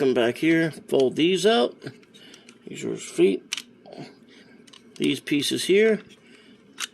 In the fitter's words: snap into place and they lock in and there is